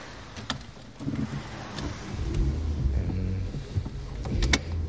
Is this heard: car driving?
yes